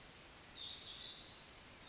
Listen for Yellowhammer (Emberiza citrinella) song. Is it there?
no